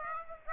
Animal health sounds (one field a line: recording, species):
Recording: mosquito wingbeat signal from an infrared sensor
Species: Aedes aegypti